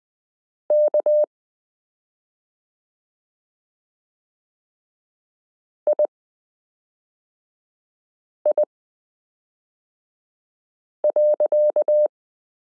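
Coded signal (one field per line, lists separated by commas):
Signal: Morse code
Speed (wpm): 20 wpm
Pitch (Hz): 600 Hz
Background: none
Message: K II.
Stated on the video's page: Morse listening drill, lesson 13 of a Koch-method variation course, introducing letter n alongside k r s u a p t l o w i and period.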